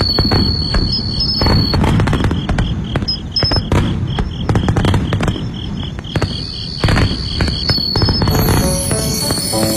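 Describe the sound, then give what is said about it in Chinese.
Fireworks burst in a dense, nearly continuous barrage of sharp pops, crackles and deep booms, with a steady high-pitched insect-like trill running underneath; no one speaks. “烟火照亮的是一览无余的辽原， 烟花与烟火是繁复的世界中一抹清新的慰藉。”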